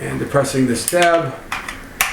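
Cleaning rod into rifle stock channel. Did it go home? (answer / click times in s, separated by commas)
yes / 2.0 s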